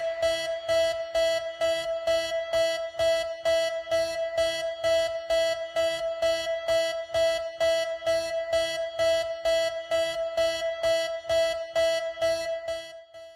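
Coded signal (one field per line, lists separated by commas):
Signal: none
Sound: musical beeps in music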